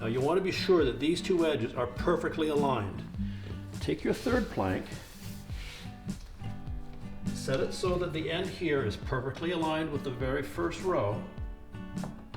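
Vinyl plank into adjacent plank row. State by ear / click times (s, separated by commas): not seated / none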